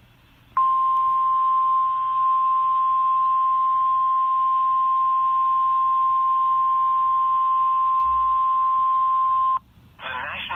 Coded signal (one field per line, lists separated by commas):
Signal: Emergency Alert System (SAME) tones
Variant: 1050 Hz attention tone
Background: speech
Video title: EAS Alert #97: Tornado Watch 429 for 10 Oklahoma Counties (November 30, 2018)